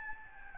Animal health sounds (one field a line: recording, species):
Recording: mosquito wingbeat signal from an infrared sensor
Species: Aedes albopictus